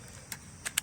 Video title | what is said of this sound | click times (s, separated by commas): iS THE DJi MAViC MiNi STiLL WORTH iT ALMOST 2 YEARS LATER??? (FULL REViEW AND SETUP) | snaps into place like that close the door | 0.8 s